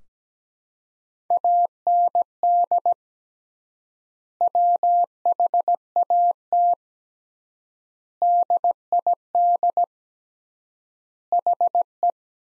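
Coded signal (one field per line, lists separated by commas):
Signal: Morse code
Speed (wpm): 17 wpm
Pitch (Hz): 700 Hz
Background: none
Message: AND WHAT DID HE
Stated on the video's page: Morse practice sentences from the top 200 words at 17 wpm with 3x word spacing, a Farnsworth-like method using words.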